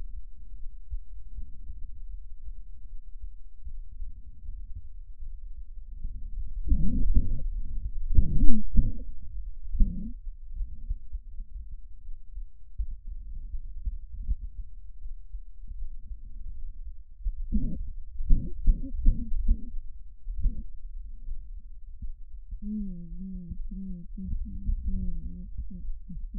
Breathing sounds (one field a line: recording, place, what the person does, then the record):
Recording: lung sounds by stethoscope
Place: left posterior apical chest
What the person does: quiet breathing, then cough and speech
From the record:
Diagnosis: asthma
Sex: female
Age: 56 years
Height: 161 cm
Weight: 85 kg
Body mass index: 32.8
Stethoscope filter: bell mode